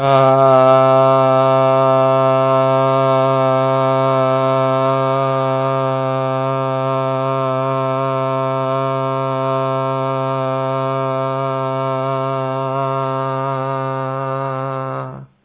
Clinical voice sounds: sustained vowel /a/; male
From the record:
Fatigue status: no fatigue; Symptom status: asymptomatic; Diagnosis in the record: COVID-19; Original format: 3gp

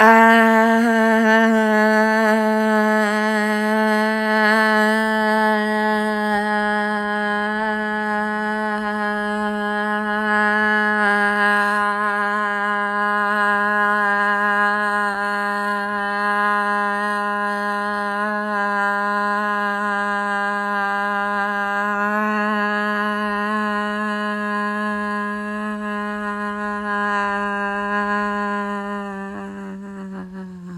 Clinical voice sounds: sustained vowel /a/; female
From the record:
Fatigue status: no fatigue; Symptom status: symptomatic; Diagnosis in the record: COVID-19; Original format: m4a

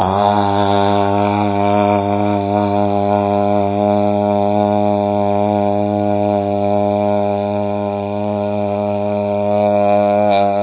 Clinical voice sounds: sustained vowel /a/; male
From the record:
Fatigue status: no fatigue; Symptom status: symptomatic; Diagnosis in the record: COVID-19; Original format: 3gp

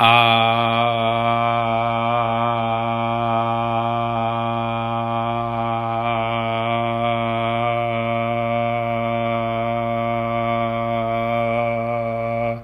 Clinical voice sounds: sustained vowel /a/; male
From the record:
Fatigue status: no fatigue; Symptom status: symptomatic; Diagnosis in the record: COVID-19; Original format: m4a

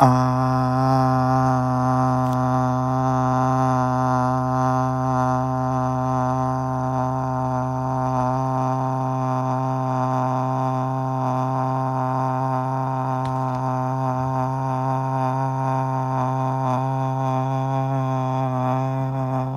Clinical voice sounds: sustained vowel /a/; male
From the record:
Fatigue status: no fatigue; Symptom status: asymptomatic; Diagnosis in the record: COVID-19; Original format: m4a

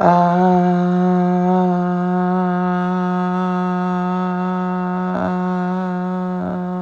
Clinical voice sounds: sustained vowel /a/; female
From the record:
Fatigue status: no fatigue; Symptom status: symptomatic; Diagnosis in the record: COVID-19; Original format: m4a

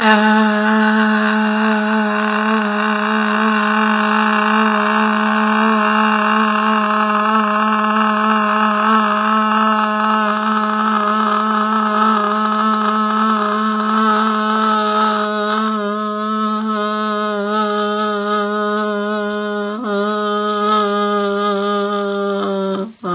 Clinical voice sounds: sustained vowel /a/; female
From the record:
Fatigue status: no fatigue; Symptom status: symptomatic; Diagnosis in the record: COVID-19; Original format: 3gp

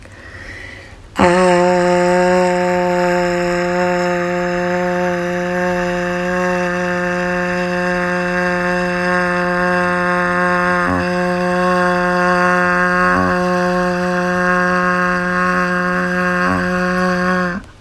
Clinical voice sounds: sustained vowel /a/; female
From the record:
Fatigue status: no fatigue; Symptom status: symptomatic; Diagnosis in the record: COVID-19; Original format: m4a

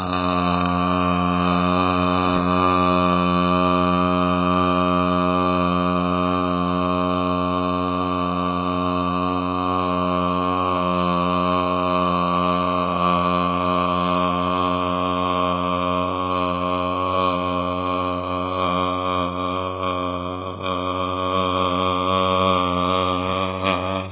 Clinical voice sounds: sustained vowel /a/; male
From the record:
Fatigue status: no fatigue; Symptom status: asymptomatic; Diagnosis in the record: COVID-19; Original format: 3gp

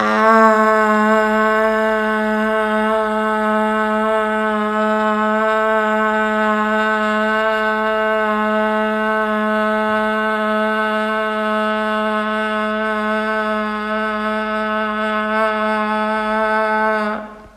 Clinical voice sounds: sustained vowel /a/; female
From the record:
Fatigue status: no fatigue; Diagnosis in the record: COVID-19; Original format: m4a

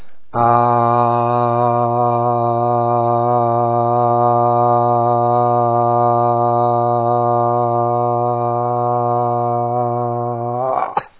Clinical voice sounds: sustained vowel /a/; male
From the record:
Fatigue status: fatigue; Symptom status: symptomatic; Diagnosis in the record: COVID-19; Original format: 3gp

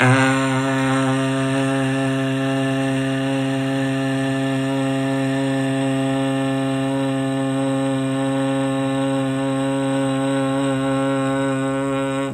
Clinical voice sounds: sustained vowel /a/; male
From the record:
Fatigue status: no fatigue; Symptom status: asymptomatic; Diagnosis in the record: COVID-19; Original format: m4a

